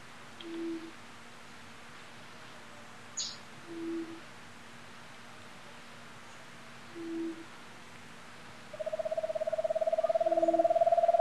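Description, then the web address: Giant antpitta: a loud, fast series of hollow notes begins near the end and runs steadily on, with soft low hoots spaced a few seconds apart in the background. Recorded in Ecuador. "S America Birds of Ecuador. Giant Antpitta"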